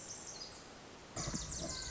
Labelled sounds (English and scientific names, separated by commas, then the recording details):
Pacific Wren (Troglodytes pacificus)
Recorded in Sonoma County, California